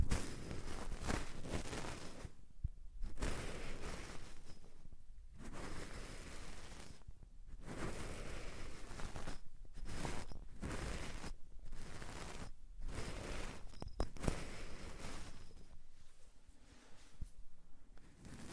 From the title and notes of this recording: ASMR Deep Ear Cleaning - Intense Ear Relaxation (No Talking).